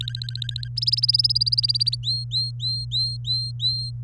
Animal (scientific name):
Serinus canaria